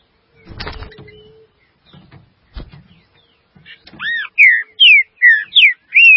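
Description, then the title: Green-winged saltator song: after a few knocks and clatters, a loud series of rich slurred whistled notes in quick succession. "Trinca Ferro"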